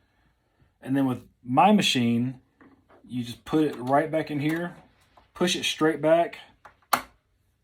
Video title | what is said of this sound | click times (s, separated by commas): Dependa Designs - Pillow Case | did you hear the click once you hear the click you know the bobbin thread is the bobbin is seated properly | 6.9 s